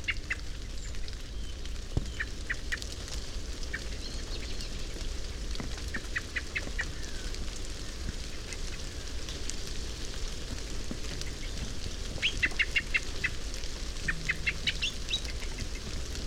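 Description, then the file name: Common blackbird calls: scattered runs of hard clicking chinks against continuous low rumbling noise. "Turdus merula"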